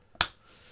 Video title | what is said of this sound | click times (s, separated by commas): 2022 iPad 10th Gen - Unboxing, Comparison and First Look | Then this clicks into place very much like a Surface. | 0.2 s